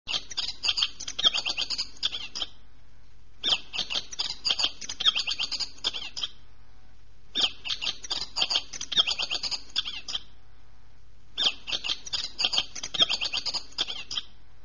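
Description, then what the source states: Bird song: high, rapid chattering bursts about two and a half seconds long, repeated four times at roughly four-second intervals, over a faint low hum. Mountain ecosystem.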